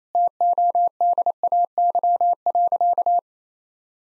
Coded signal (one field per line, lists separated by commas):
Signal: Morse code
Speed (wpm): 28 wpm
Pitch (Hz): 700 Hz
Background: none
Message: TODAY.